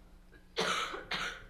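Two sharp, harsh coughs in quick succession, then a brief voiced throat sound.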